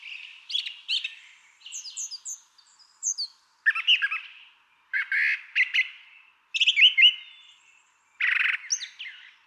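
Brown Thrasher song of varied phrases, harsh scratchy notes, high whistles and buzzy bursts, several repeated, with short silences between.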